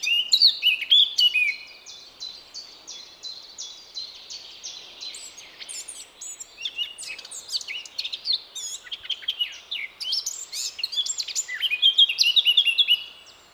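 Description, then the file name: Eurasian blackcap song, a long run of hurried, twittering notes and short trills, with brighter whistled phrases rising out of the chatter near the end. "Sylvia atricapilla"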